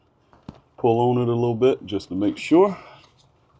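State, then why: Seated. A new spark plug wire boot with its heat shield is pushed onto the spark plug of a 2003 Chevy Silverado 2500HD 6.0 engine, and it snaps on with a sharp click at 0.5 s after a faint tick at 0.3 s. Someone then talks while tugging on the boot to check that it is secure, and the boot is seated.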